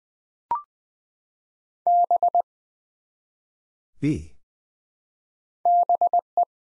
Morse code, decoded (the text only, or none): B BE